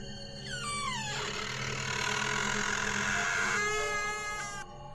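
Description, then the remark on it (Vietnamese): A door creaks open in one long, shrill groan: a high squeal slides downward at first, then settles into a sustained, harsh grinding screech lasting about four seconds, with no voices. “Tiếng cánh cửa rít lên đến rợn cả người.”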